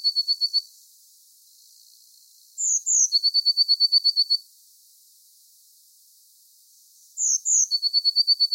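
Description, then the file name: Eurasian blue tit song repeated: a pair of high thin introductory notes, then a rapid ringing trill, with phrases several seconds apart. "Cyanistes caeruleus"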